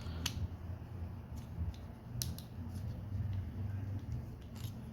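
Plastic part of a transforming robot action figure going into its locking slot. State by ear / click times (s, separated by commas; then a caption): not seated / none. A plastic part of a transforming robot action figure is pushed toward its locking slot, making short sharp plastic taps around 0.3, 2.2 and 2.4 seconds, with a fainter one near 1.7 seconds, over a low steady rumble. The part fails to catch in place; nothing has seated or clicked yet.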